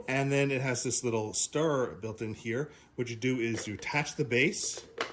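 Someone talks while handling a battery-powered stirrer base, bringing it to attach to a plastic protein shaker bottle with a small stirrer built in. Nothing has seated or clicked yet; the base is not yet locked into place when the clip ends.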